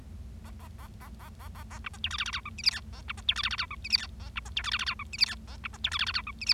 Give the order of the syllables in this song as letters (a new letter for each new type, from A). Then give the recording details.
A A A A A A A A B C D E F F G H I J K A B C D E F F G H I J K A B C D E F F G H I J K A B C D E F F G H I J. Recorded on 25 March 2012 at 14:12. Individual gy6or6